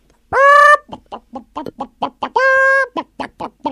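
A hen clucks in a steady run of short, sharp clucks, broken by two loud, drawn-out squawks, one at the start and one midway through.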